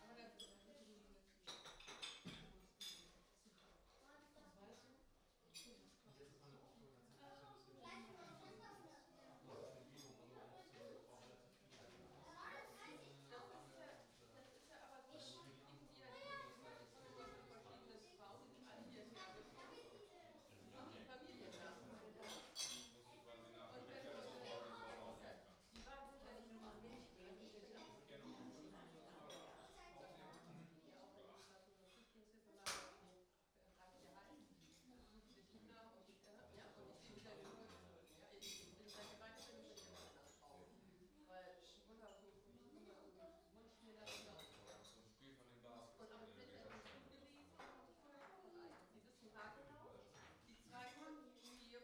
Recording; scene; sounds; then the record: everyday scene through a hearing-aid microphone; many people talking; many voices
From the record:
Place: parish hall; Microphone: in the ear canal, right